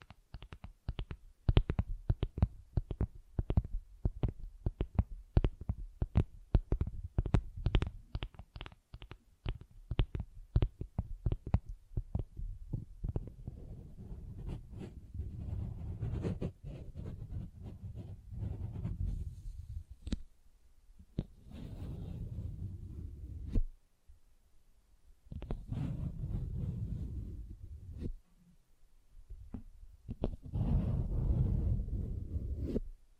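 Tapping and scratching on textured surfaces. For the first twelve seconds, quick, regular sharp taps come in bursts. After that, denser low scratching takes over in long rubbing stretches, broken by short pauses near 20, 24 and 28 seconds.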